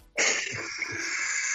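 A sudden, loud, harsh cough bursts into a close microphone, followed by a couple of weaker, muffled cough pulses under a steady hiss of distortion. It is a voluntary cough with a rough, congested quality that fits phlegm in the throat.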